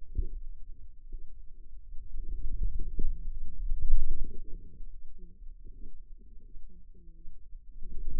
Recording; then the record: forearm muscle sounds (acoustic myography)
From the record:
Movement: wrist extension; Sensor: system 2, bracelet of six BSWA MPA416 microphones around the upper forearm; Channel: 5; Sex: female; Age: 25 years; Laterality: right